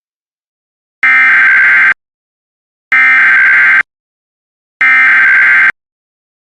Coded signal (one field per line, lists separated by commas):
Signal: Emergency Alert System (SAME) tones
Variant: header bursts